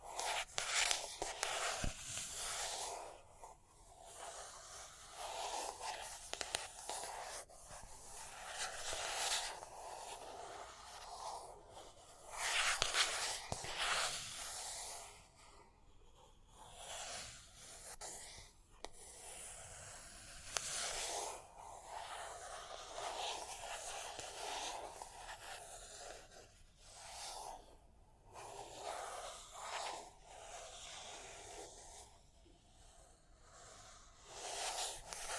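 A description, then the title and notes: Scratching and rubbing run almost without a break for the whole 35 seconds, hissy and bright, swelling and easing in irregular strokes. A few sharp taps cut through, notably near 2 and 13 seconds, with brief quieter gaps between some strokes. Tapping and Scratching (No Talking).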